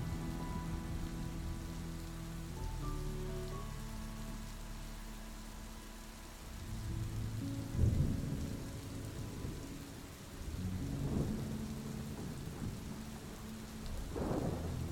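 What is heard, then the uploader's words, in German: Rain falls steadily throughout, with soft sustained music tones underneath that shift in pitch around two to three seconds, then fade by six. From about seven seconds, low rumbling swells of thunder rise and fall, with louder bursts near eight, eleven and fourteen seconds. Dem beruhigenden Klang von Regen und Donner lauschen, begleitet von sanfter Musik.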